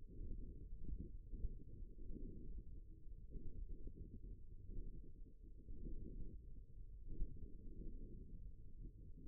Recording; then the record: forearm muscle sounds (acoustic myography)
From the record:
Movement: forearm pronation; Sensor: system 1, eight BSWA MPA416 microphones around the upper forearm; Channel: 2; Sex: male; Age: 54 years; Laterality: right